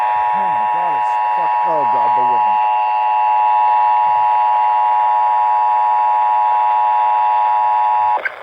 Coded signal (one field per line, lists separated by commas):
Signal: Emergency Alert System (SAME) tones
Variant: 853 and 960 Hz attention tone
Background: speech